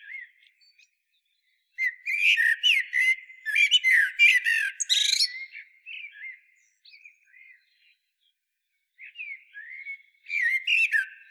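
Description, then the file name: Common blackbird singing a dense phrase of fluty warbles and shrill twittering notes, followed by softer scattered notes and another squeaky burst at the end. "Turdus merula"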